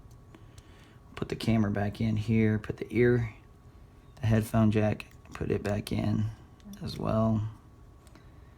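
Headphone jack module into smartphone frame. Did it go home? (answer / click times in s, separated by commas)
yes / 8.1 s, 8.2 s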